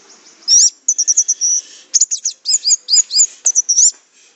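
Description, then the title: Orange-headed thrush singing rapid, very high chattering notes and twisting slurred whistles, strung together almost without a break. "Anis Merah"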